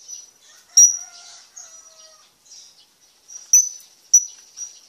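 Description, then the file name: Hanging parrot giving sharp, very high-pitched calls, three loud notes among softer thin chatter, with faint lower whistled tones early on. "suara burung serindit"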